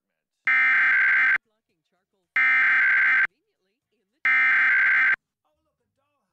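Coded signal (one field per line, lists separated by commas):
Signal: Emergency Alert System (SAME) tones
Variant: header bursts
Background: speech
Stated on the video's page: Required monthly test on a TV digital subchannel during a programme, recorded off air.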